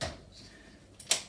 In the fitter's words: going to slot them right inside until they click into place